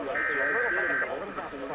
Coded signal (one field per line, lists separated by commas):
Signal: Emergency Alert System (SAME) tones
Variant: header bursts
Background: speech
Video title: AN EARLY MORNING RMT! Broadcast Radio EAS: Required Monthly Test (EAS #207)